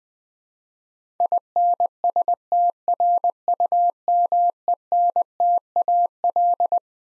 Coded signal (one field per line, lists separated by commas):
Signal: Morse code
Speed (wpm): 21 wpm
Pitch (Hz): 700 Hz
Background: none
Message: INSTRUMENTAL